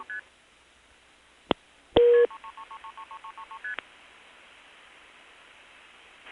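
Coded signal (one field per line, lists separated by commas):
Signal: multi-frequency trunk signalling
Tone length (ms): 80 ms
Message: ST 3333333333ST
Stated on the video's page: Long-distance trunk signalling with audible dial pulsing and forced reroutes on the French telephone network, 1974-82.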